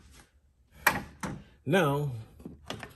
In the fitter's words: going to, that's all in place, the wiring harness, that snapped back in place right here.